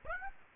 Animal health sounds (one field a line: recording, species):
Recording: mosquito wingbeat signal from an infrared sensor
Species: Aedes aegypti